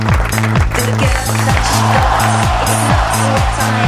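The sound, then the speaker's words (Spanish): A crowd claps and cheers steadily over a looping, bouncy bass-heavy music bed, the applause a dense, even wash that holds at full volume for a few seconds, played on the FM Box 102.9 radio station. “Aplauso nomás.”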